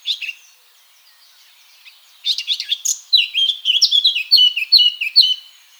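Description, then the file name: Eurasian blackcap song: a few chips, then a quick scratchy warble that breaks into loud, clear fluty notes, repeated in dropping phrases for a few seconds. "Sylvia atricapilla"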